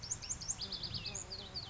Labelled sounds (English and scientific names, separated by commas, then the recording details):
Olive-sided Flycatcher (Contopus cooperi)
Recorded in Sonoma County, California